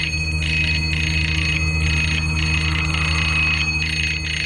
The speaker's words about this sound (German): Gleich darauf hörten wir ihn über unsere Walkie-Talkies die Klingel bearbeiten.